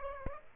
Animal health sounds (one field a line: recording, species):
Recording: mosquito wingbeat signal from an infrared sensor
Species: Aedes aegypti